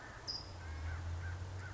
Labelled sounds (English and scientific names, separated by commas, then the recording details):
California Towhee (Melozone crissalis)
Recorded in Sonoma County, California